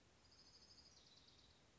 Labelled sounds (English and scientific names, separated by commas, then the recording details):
Orange-crowned Warbler (Leiothlypis celata)
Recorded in Sonoma County, California